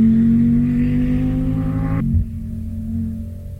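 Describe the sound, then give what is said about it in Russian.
A car engine drones loudly with a steady, humming tone as the car accelerates to overtake, then abruptly shifts to a lower, duller rumble partway through as it keeps accelerating. No one speaks. “сердито сказала Далила, лихо посылая автомобиль на обгон”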